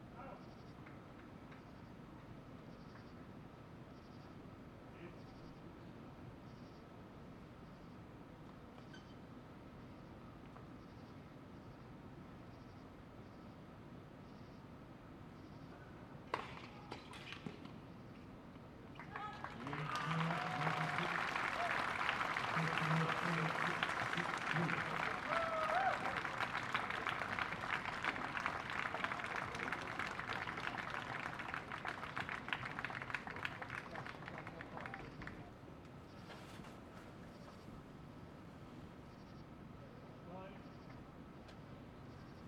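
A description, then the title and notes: At a night tennis match, a low murmur of quiet chatter and a steady chirp of crickets fill the background. A few sharp knocks land near 16–17 seconds. From about 19 to 35 seconds a train rumbles past in the distance, swelling and fading. Night time tennis match. Late at night there's a tennis match. The crickets chirp, trains passby in the disance, people quietly chat, two tennis players compete.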